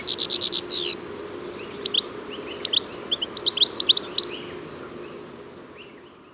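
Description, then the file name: European goldfinch twittering: a fast buzzy trill at the start, then a jumble of liquid tinkling notes and chirps, with a steady low hum underneath. "Carduelis carduelis"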